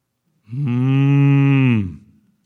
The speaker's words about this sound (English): But Samuel said, verse 14, "What then is that bleating of the sheep in my ears and the lowing of the oxen which I hear?"